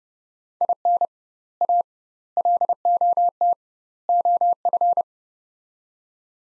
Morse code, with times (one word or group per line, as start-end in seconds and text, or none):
0.6-1.1 IN
1.6-1.8 A
2.4-3.5 LOT
4.1-5.0 OF